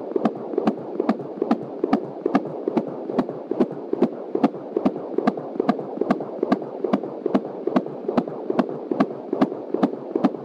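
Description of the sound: Fetal heartbeat of a baby girl at about 21 weeks of pregnancy, heard with a home Doppler fetal heart monitor through an external speaker, placed just past the pubic line. Rapid, regular whooshing beats at about 143 per minute, within the healthy range of 120 to 150.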